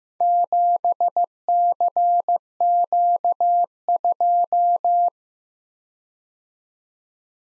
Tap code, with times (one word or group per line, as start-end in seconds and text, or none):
none